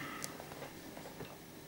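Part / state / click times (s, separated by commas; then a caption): swivel into the rig component on the hooklink / seated / 0.2 s. An angler pulls the tag end tight so the swivel on a carp rig's hooklink seats into the rig component. A short, sharp tick at 0.2 s is heard as the swivel clicks into place; the swivel is seated.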